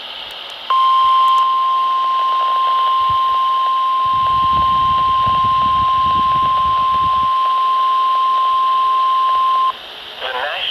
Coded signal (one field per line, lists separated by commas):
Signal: Emergency Alert System (SAME) tones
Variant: 1050 Hz attention tone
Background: speech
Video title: FAILED EAS TORNADO WARNING ON TV - Issues with Message Volume (And on NWR Didn't Fail) (EAS #24-25)